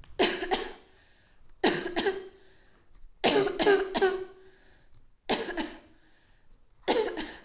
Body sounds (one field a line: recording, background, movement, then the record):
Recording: voluntary coughing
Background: quiet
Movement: sitting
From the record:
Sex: female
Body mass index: 18.3 kg/m2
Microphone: on the chest, facing outward